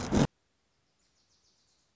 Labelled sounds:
Wilson's Warbler (Cardellina pusilla)
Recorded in Sonoma County, California

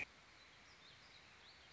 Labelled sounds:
Warbling Vireo (Vireo gilvus)
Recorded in Sonoma County, California

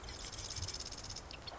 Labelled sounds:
Marsh Wren (Cistothorus palustris)
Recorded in Sonoma County, California

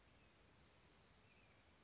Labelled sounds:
California Towhee (Melozone crissalis)
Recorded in Sonoma County, California

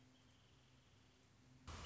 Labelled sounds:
Wrentit (Chamaea fasciata)
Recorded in Sonoma County, California

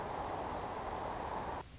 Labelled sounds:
Anna's Hummingbird (Calypte anna)
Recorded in Sonoma County, California

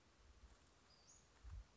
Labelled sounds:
Western Flycatcher (Empidonax difficilis)
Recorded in Sonoma County, California

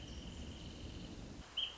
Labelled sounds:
Wrentit (Chamaea fasciata)
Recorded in Sonoma County, California

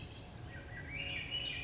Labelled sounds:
Swainson's Thrush (Catharus ustulatus)
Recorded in Sonoma County, California

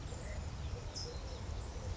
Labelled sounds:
California Towhee (Melozone crissalis)
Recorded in Sonoma County, California

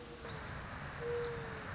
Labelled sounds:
Mourning Dove (Zenaida macroura)
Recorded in Sonoma County, California

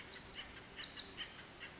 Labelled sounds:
Pacific Wren (Troglodytes pacificus)
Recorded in Sonoma County, California

